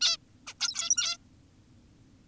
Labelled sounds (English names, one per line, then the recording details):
Zebra Finch
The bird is an adult
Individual g17y2U